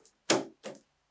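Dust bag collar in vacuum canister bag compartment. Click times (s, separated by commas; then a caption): 0.3 s. A paper dust bag, its arrows matched to the back clip, is slid into the bag compartment of a Miele Complete C2 canister vacuum until its collar clicks into place at 0.3 s. A faint tick comes just before, and a softer second knock follows at about 0.7 s. The bag ends up seated in the canister.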